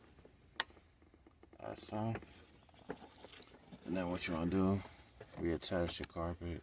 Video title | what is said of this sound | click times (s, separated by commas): Toyota/Scion Oxygen Sensor Replacement | want to hear it click when it's fully in | 0.6 s